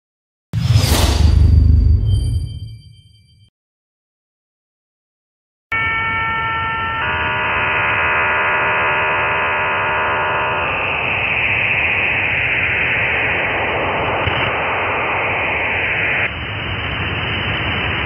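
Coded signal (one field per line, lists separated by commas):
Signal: HF data modem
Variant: Israeli Navy hybrid modem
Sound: brief whoosh, silence, then steady wideband hiss with several parallel tones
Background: radio static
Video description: Modem híbrido de la marina israelí en la banda de #radioaficionados de 20 metros. QRG: 14001.5 kHz CF.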